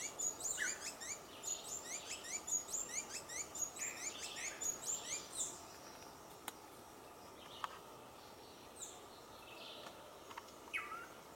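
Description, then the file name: Dusky-throated hermit song: a rapid, steady series of thin, very high squeaky notes lasting about five seconds, then scattered faint chirps and clicks over a constant background hiss. "Rabo branco pequeno"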